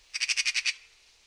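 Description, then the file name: Eurasian magpie uttering a single harsh, machine-gun chatter of seven quick, evenly spaced rasping notes lasting under a second. "Pica pica"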